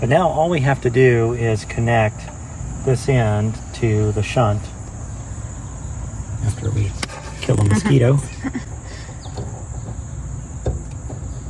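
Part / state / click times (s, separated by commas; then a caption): meter cable plug into battery shunt socket / not seated / none. Someone talks while handling the plastic plug on a battery meter extension cable, getting ready to push it into the socket on the battery shunt, with a steady high insect-like hum in the background. A brief sharp sound rises near 10.7 seconds, but nothing has seated or clicked yet.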